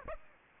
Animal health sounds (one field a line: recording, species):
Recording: mosquito wingbeat signal from an infrared sensor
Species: Aedes aegypti